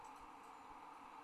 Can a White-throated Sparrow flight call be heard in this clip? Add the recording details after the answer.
no. No flight call is heard. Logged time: 03:07 on 30 November 2014